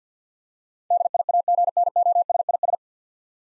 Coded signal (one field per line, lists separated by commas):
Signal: Morse code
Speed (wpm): 53 wpm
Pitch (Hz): 700 Hz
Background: none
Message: DIAGNOSIS